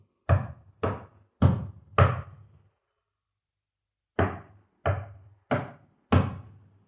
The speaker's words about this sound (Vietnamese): Những tiếng gõ cửa vẫn liên tục vang lên trong căn nhà tối đen như mực.